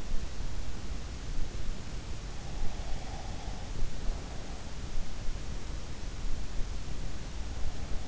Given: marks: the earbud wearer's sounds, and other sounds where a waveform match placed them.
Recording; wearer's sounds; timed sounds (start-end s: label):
sounds in sleep by an in-ear microphone; breath
2.99-4.45 s: breath